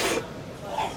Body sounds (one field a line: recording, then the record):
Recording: coughing mixed with background sound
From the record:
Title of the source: 61 morning phlegmy cough...again